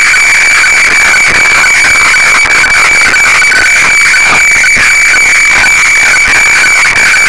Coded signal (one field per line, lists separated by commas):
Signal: weather fax (radiofax)